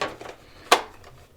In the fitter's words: it kind of locks in place that's kind of neat too so